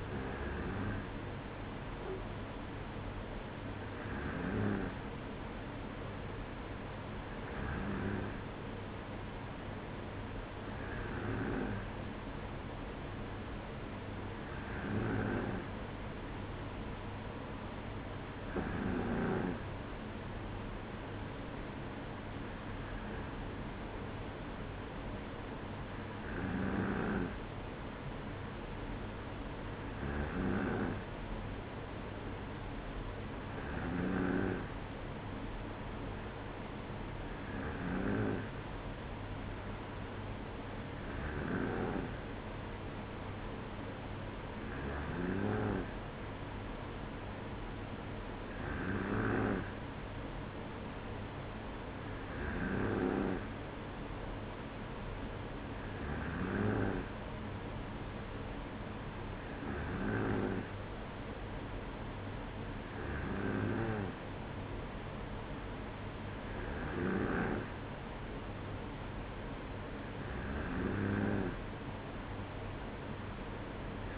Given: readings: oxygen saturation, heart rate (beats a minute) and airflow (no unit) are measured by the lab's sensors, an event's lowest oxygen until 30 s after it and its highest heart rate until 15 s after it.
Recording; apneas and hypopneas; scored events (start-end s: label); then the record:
breathing in sleep by a voice recorder at the bedside; none
none scored
From the record:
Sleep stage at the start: N2 (light sleep); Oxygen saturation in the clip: 94%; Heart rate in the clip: 55 to 58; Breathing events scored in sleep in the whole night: 305 in 9.6 hours asleep